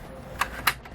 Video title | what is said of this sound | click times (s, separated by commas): etrailer - Tips on RV Awning Care: Opening, Cleaning, and Replacing Your Awning | that down on that so we hear it click | 0.7 s